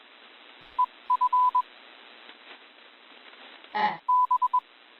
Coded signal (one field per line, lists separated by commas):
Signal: Morse code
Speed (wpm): 22 wpm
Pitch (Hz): 1000 Hz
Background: none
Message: E F B